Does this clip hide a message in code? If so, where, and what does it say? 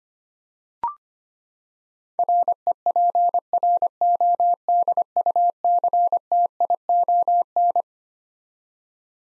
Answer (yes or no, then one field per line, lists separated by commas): yes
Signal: Morse code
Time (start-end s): 2.2-7.8 s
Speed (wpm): 25 wpm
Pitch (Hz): 700 Hz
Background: none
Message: REPRODUCTION